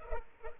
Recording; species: mosquito wingbeat signal from an infrared sensor; Culex pipiens